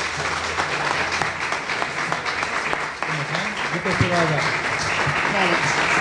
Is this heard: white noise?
no